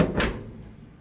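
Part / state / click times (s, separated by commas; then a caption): cab door latch engaging the striker plate on the B-pillar / seated / 0.2 s. The cab door of a 1949 GMC truck is closed after the striker plates on the repaired B-pillar were adjusted so the latch would catch. A low thump opens the clip, then a sharp broadband latch click at 0.2 s rings down into a fading low rumble. The latch engages the striker plate and catches fully.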